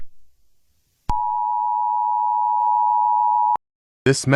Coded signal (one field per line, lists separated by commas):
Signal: Emergency Alert System (SAME) tones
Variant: 853 and 960 Hz attention tone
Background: speech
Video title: EAS Scenario - The Radio Demon (Hazbin Hotel)